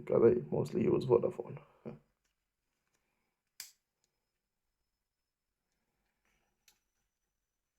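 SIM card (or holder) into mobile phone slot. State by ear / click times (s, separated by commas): seated / 3.6 s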